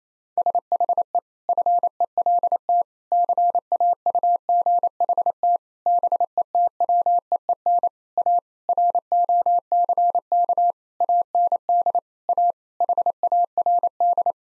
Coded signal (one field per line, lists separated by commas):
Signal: Morse code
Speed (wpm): 28 wpm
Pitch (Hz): 700 Hz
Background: none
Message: SHE FELT CAUGHT BETWEEN A ROCK AND A HARD